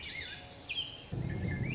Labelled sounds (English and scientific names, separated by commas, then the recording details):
Swainson's Thrush (Catharus ustulatus)
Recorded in Sonoma County, California